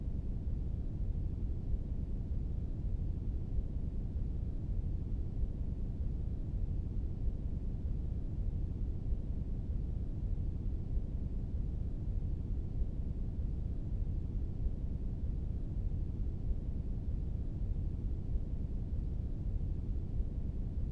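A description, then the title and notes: A steady, deep rumble like a car cruising down a highway at night, heavy in the low end with little brightness above. The roar holds constant for the whole stretch, dense and even, with no distinct passing vehicles or other events. Night Drive Brown Noise. Driving down the highway on a pleasant night, lying in the backseat.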